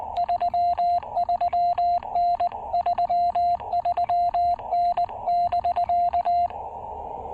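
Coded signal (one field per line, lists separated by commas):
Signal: Morse code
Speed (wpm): 20 wpm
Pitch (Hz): 700 Hz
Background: radio noise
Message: 33N 33N <BK>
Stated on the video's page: Morse from a QRP picnic-table POTA park activation using CHA MPAS Lite and CHA UCM antennas.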